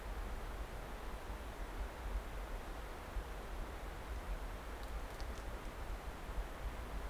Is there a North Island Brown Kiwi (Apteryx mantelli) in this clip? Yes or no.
no